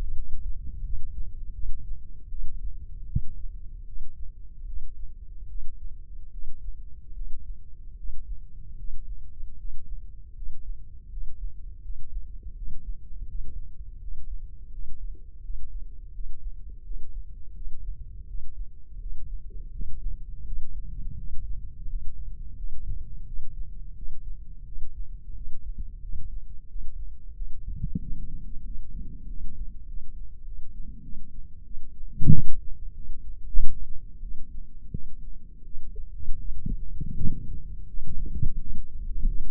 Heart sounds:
heart sounds by microphone in the left ear; 84 bpm
0.14 s: heartbeat
0.82 s: heartbeat
1.53 s: heartbeat
2.28 s: heartbeat
3.06 s: heartbeat
3.85 s: heartbeat
4.65 s: heartbeat
5.47 s: heartbeat
6.31 s: heartbeat
7.13 s: heartbeat
7.96 s: heartbeat
8.76 s: heartbeat
9.56 s: heartbeat
10.34 s: heartbeat
11.09 s: heartbeat
11.81 s: heartbeat
12.54 s: heartbeat
13.26 s: heartbeat
13.99 s: heartbeat
14.70 s: heartbeat
15.41 s: heartbeat
16.12 s: heartbeat
16.82 s: heartbeat
17.53 s: heartbeat
18.26 s: heartbeat
18.98 s: heartbeat
19.70 s: heartbeat
20.44 s: heartbeat
21.15 s: heartbeat
21.86 s: heartbeat
22.55 s: heartbeat
23.24 s: heartbeat
23.94 s: heartbeat
24.64 s: heartbeat
25.33 s: heartbeat
26.00 s: heartbeat
26.67 s: heartbeat
27.33 s: heartbeat
27.98 s: heartbeat
28.62 s: heartbeat
29.25 s: heartbeat
29.85 s: heartbeat
30.43 s: heartbeat
31.01 s: heartbeat
31.63 s: heartbeat
32.30 s: heartbeat
32.93 s: heartbeat
33.55 s: heartbeat
34.20 s: heartbeat
34.90 s: heartbeat
35.63 s: heartbeat
36.37 s: heartbeat
37.12 s: heartbeat
37.86 s: heartbeat
38.58 s: heartbeat
39.26 s: heartbeat
From the record:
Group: healthy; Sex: female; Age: 19 years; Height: 163 cm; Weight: 51 kg

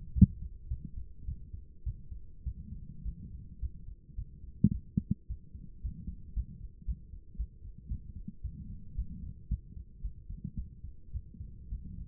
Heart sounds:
heart sounds by stethoscope; 109 bpm
0.14 s: heartbeat
0.69 s: heartbeat
1.26 s: heartbeat
1.84 s: heartbeat
2.44 s: heartbeat
3.03 s: heartbeat
3.60 s: heartbeat
4.16 s: heartbeat
4.72 s: heartbeat
5.28 s: heartbeat
5.82 s: heartbeat
6.34 s: heartbeat
6.86 s: heartbeat
7.37 s: heartbeat
7.89 s: heartbeat
8.42 s: heartbeat
8.96 s: heartbeat
9.49 s: heartbeat
10.02 s: heartbeat
10.56 s: heartbeat
11.12 s: heartbeat
11.70 s: heartbeat
From the record:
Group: healthy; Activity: rest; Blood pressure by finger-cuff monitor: 132/89 mmHg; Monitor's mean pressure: 100 mmHg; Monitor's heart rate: 109 bpm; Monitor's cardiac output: 8.2 L/min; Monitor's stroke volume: 76 mL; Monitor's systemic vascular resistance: 930 dyn s/cm5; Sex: female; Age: 24 years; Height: 163 cm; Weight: 55.7 kg

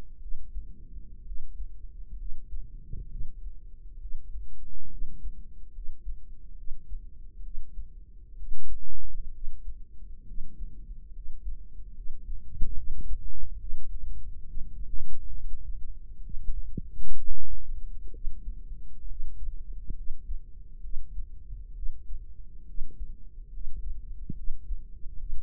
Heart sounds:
heart sounds by microphone in the right ear; 67 bpm
0.18 s: heartbeat
1.22 s: heartbeat
2.15 s: heartbeat
3.07 s: heartbeat
3.97 s: heartbeat
4.87 s: heartbeat
5.70 s: heartbeat
6.54 s: heartbeat
7.40 s: heartbeat
8.34 s: heartbeat
9.30 s: heartbeat
10.23 s: heartbeat
11.10 s: heartbeat
11.92 s: heartbeat
12.73 s: heartbeat
13.56 s: heartbeat
14.43 s: heartbeat
15.32 s: heartbeat
16.20 s: heartbeat
17.14 s: heartbeat
18.10 s: heartbeat
19.05 s: heartbeat
19.93 s: heartbeat
20.79 s: heartbeat
21.72 s: heartbeat
22.64 s: heartbeat
23.49 s: heartbeat
24.33 s: heartbeat
25.16 s: heartbeat
From the record:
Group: healthy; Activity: rest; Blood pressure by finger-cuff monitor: 110/74 mmHg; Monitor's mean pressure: 85 mmHg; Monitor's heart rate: 68 bpm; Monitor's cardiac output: 5.1 L/min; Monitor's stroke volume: 75 mL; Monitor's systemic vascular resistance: 1210 dyn s/cm5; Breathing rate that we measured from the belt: 14 breaths a minute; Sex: female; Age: 23 years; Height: 160 cm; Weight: 50.4 kg

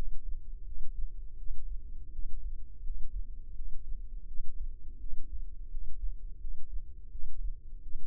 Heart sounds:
heart sounds by microphone in the left ear; 84 bpm
0.63 s: heartbeat
1.36 s: heartbeat
2.10 s: heartbeat
2.81 s: heartbeat
3.53 s: heartbeat
4.25 s: heartbeat
4.97 s: heartbeat
5.68 s: heartbeat
6.38 s: heartbeat
7.09 s: heartbeat
7.80 s: heartbeat
From the record:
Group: healthy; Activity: rest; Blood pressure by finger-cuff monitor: 66/48 mmHg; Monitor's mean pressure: 56 mmHg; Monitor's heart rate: 83 bpm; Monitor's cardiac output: 6.4 L/min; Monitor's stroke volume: 77 mL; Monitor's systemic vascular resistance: 640 dyn s/cm5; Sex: female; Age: 19 years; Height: 163 cm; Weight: 48.9 kg

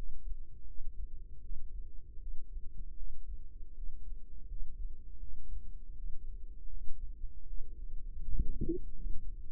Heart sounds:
heart sounds by microphone in the right ear; 80 bpm
0.65 s: heartbeat
1.40 s: heartbeat
2.18 s: heartbeat
2.95 s: heartbeat
3.73 s: heartbeat
4.46 s: heartbeat
5.18 s: heartbeat
5.94 s: heartbeat
6.69 s: heartbeat
7.45 s: heartbeat
8.19 s: heartbeat
8.94 s: heartbeat
From the record:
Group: healthy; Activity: rest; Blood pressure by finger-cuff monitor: 84/48 mmHg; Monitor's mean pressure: 62 mmHg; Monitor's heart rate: 79 bpm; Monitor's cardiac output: 7.7 L/min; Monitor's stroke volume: 96 mL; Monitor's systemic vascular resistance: 550 dyn s/cm5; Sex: female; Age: 22 years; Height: 161 cm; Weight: 65.5 kg

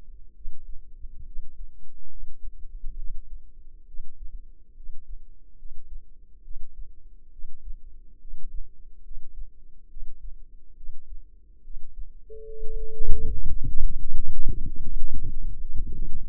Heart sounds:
heart sounds by microphone in the left ear; 70 bpm
0.33 s: heartbeat
1.24 s: heartbeat
2.08 s: heartbeat
2.95 s: heartbeat
3.85 s: heartbeat
4.74 s: heartbeat
5.56 s: heartbeat
6.41 s: heartbeat
7.30 s: heartbeat
8.18 s: heartbeat
9.02 s: heartbeat
9.87 s: heartbeat
10.74 s: heartbeat
11.61 s: heartbeat
12.43 s: heartbeat
13.27 s: heartbeat
14.11 s: heartbeat
14.90 s: heartbeat
15.68 s: heartbeat
From the record:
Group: healthy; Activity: rest 0-9 s, light exercise 9-16 s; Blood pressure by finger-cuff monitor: 108/72 mmHg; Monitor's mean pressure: 85 mmHg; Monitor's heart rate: 70 bpm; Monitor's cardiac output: 6.1 L/min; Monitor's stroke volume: 88 mL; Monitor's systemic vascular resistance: 1010 dyn s/cm5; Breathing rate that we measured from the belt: 17 breaths a minute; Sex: female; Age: 22 years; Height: 160 cm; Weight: 45 kg

